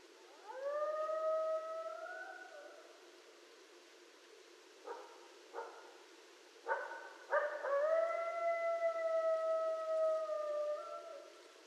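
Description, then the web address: Coyote howls, long sustained tones rising then holding level, with a few sharp yips in the middle before a second steady howl. Several coyotes, recorded 13 November 2012. "Coyote 2012 11 13 Coyotes"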